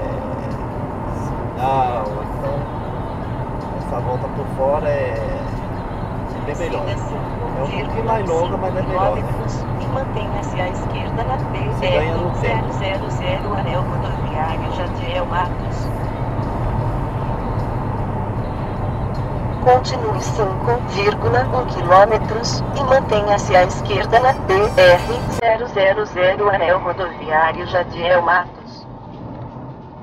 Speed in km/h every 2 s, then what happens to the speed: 83, 87, 89, 93, 95, 95, 96, 96, 92, 87, 86, 82, 77, 74, 77.
0-7 speeds up to 95. 7-14 steady at about 95. 14-25 slows to 74.